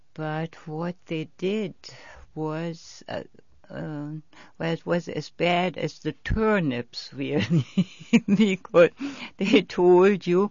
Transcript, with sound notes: but what they did was --- well, it was as bad as the turnips we. (laughs) Because they told you